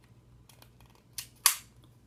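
An extended polymer base pad is slid front to back onto a Ruger SR9 series pistol magazine body, and the spring retention plate holds it in place. A small click at 1.2 s leads into a sharp, bright snap at 1.5 s as the pad seats, leaving it fully installed.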